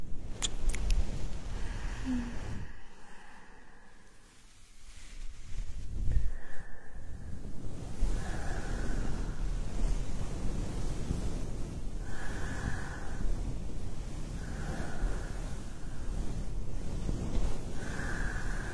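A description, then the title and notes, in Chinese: An ear massage: dense, low rubbing and rustling that surges like wind, with sharp crackles near the start and a quieter stretch around three to five seconds. Later, short squeaky strokes recur every two seconds or so over the steady friction. 按摩耳朵刺激大脑。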